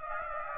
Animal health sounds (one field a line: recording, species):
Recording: mosquito wingbeat signal from an infrared sensor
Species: Aedes aegypti